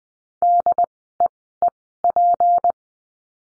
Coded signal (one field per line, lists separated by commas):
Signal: Morse code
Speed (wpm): 20 wpm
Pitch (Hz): 700 Hz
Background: none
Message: DEEP